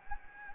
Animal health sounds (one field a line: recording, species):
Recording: mosquito wingbeat signal from an infrared sensor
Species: Anopheles gambiae